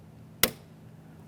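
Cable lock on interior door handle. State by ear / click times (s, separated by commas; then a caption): seated / 0.4 s. The cable lock on a rear interior door handle of a 2012-2015 Honda Civic 1.8L L4 is pressed down, locking the cable casing into the plastic handle housing. A single sharp, bright click sounds at 0.4 s and fades quickly over a faint low hum. The cable lock is seated, and it is then wiggled to check that it is secure.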